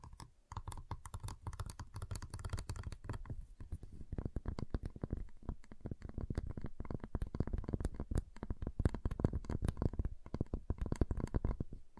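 Dense, rapid tapping on a giant chocolate bar, with quick crisp clicks running almost continuously from about half a second to the end. Under the taps sits a low rumbling thud layer, and the pace stays busy with only brief pauses near four and ten seconds.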